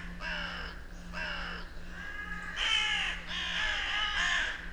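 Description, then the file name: Carrion Crow caws, two drawn-out harsh calls followed by louder, fuller caws, over a low hum. "Corvus corone"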